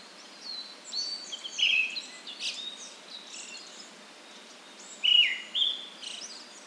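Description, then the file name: Brown-headed thrush gives a whistled phrase early, then a louder doubled phrase near the end, with thin high calls of other birds around. "akahara"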